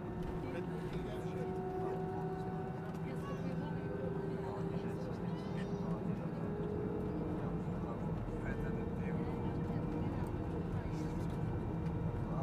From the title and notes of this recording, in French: Installation et décollage. Décollage pour Katmandou depuis Delhi.